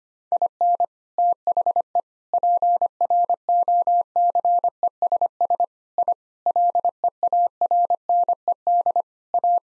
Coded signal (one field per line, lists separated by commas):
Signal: Morse code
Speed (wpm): 25 wpm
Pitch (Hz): 700 Hz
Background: none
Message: IN THE PROCESS I LEARNED A